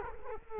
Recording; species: mosquito wingbeat signal from an infrared sensor; Culex quinquefasciatus